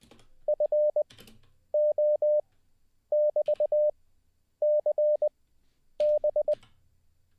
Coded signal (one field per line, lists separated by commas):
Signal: Morse code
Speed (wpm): 20 wpm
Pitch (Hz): 600 Hz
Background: none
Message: FO<BT>CB